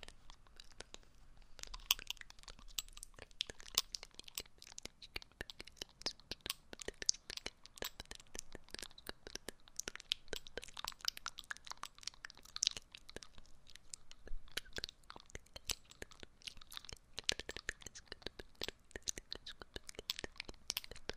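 Crisp clicks and crackles from a dropper patter irregularly and densely throughout, bright and dry, with a faint low hum underneath.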